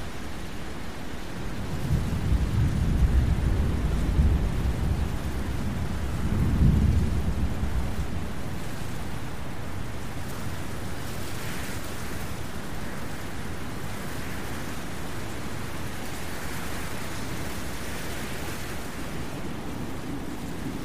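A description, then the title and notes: A thunderstorm with steady rain hissing throughout. Deep rolling thunder swells between about two and eight seconds, loudest near three and again near seven, then fades into a low rumble under the continuing rain. Thunderstorm Sounds.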